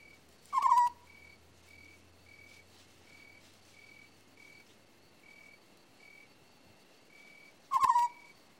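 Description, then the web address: African scops owl calling twice, each a brief trilled purr about seven seconds apart, with a steady pulsing insect drone and quiet background hiss. "The BBC Sound Effects Library. African Scops Owl"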